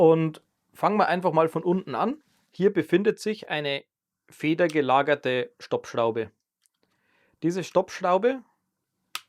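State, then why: Seated. On a KJI K800 carbon tripod's Reaper rail head, the spring-loaded stop screw that controls rotation is pushed into its outer detent position while someone talks. A single sharp snap is heard at 9.2 s as the screw seats in the detent.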